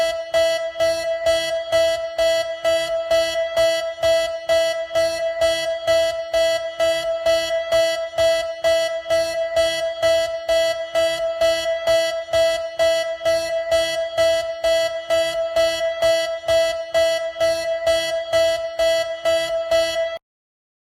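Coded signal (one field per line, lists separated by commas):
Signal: none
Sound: music synth notes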